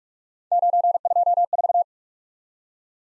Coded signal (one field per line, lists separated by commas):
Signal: Morse code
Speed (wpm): 43 wpm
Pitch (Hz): 700 Hz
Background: none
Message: 924